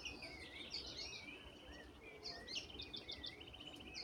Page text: Sebinho-de-olho-de-ouro (Hemitriccus margaritaceiventer). Gustavo Fernando Durán